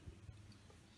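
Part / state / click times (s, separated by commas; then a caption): bulb retaining spring clip into the headlight housing / not seated / none. A thumb presses down on the metal retaining spring clip over the headlight bulb of a Kawasaki Vulcan S motorcycle and slides it across toward its catch in the headlight housing. Only soft low handling thuds are heard, near 0.1 s and 0.3 s. Nothing has seated or clicked yet.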